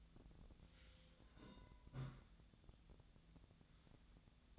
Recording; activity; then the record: daily activity, microphone in the room; take from stove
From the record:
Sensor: 3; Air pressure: 1010.0 hPa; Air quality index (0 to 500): 186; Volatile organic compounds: 14 ppm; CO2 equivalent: 2432 ppm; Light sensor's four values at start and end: 42/104/45/48 and 42/104/45/48